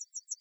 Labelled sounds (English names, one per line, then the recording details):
Yellowhammer song
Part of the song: start
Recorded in the Czech Republic on 8 July 2013
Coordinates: 49.919, 15.489
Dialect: BC
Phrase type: E48
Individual 316266